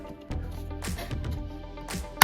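A RAM module is pressed down into a motherboard DIMM slot while music plays underneath. The first plastic retention clip snaps shut with a sharp click at 2.2 s, and the module is seated.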